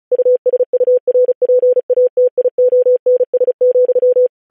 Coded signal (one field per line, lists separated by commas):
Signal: Morse code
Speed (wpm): 36 wpm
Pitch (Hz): 500 Hz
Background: none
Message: USURPATIONS,